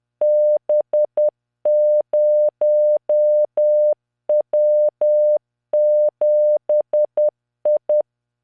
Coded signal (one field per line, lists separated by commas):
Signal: Morse code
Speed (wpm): 10 wpm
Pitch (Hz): 600 Hz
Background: none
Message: B0W7I